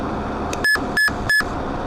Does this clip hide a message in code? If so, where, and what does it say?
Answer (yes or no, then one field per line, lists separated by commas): no